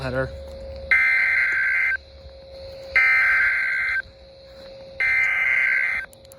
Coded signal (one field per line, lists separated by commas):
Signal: Emergency Alert System (SAME) tones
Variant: header bursts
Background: speech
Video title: EAS 465 and 466 - SVR AND SMW